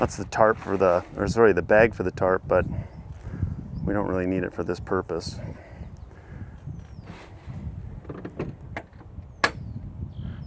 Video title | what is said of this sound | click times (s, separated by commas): Arc Sport Overview - Spring Version | Transom step easily locks into place. | 9.4 s